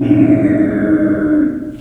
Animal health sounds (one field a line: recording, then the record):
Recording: squeal of a Yucatan mini pig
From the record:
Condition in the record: after surgery on the right vocal fold (resection and tissue-engineered implant)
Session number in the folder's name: 3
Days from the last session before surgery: 21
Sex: female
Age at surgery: 19 weeks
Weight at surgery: 25 kg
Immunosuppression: prednisolone